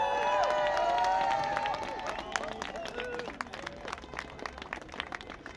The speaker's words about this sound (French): les applaudissent très fort, les cheminots.